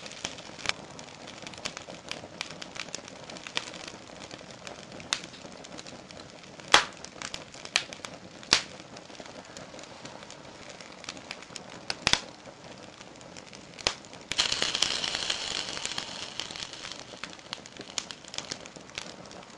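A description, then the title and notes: Flames crackle and pop with a steady low rustle beneath scattered sharp snaps. Louder pops stand out near 7, 8.5 and 12 seconds, and from about 14.5 to 16 seconds a brighter hissing flare rises before the fire settles back to quiet crackling. The crackling, flickering firelight. The crackling and popping of the flames.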